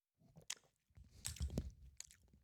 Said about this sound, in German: schmatzt unseren Hörern in die Ohren.